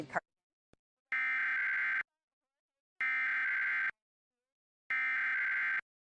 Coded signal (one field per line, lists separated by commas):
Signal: Emergency Alert System (SAME) tones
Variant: header bursts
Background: speech